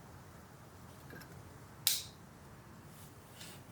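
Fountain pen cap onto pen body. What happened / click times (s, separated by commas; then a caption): The pen cap clicked closed / 1.9 s. A Monteverde Ritma fountain pen cap is pushed onto the pen body and clicks closed at 1.9 s with a sharp, bright snap over a quiet background. A second, shorter tick follows at 3.8 s. The cap is seated closed.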